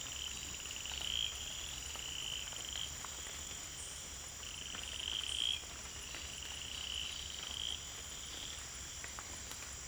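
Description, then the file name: Cayenne stubfoot toad calling in a series of short pulsed trills, some longer and rising in volume, against a constant high-pitched insect drone. Amphibian recorded in French Guiana. "Guyane Amphibien atélope-jaunâtre"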